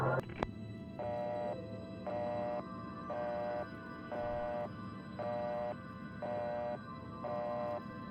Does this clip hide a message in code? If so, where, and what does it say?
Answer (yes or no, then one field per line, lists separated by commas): no